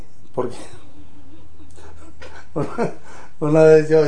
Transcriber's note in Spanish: risas